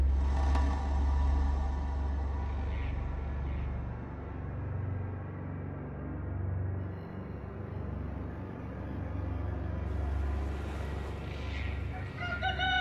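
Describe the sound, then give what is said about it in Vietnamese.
At dawn, a rooster crows loudly in drawn-out, rising calls, with a few scattered clucks between them, all over a steady low rumbling background and no talking. “Không chỉ có tiếng gà gáy mỗi lúc bình minh, mà cả tiếng sóng rì rào đang vỗ bờ cũng phần nào làm cho những người sống ven sông như thêm phần năng lượng.”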